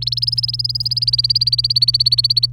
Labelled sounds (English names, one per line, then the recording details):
Domestic Canary song
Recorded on 29 April 2018 at 10:24
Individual llb3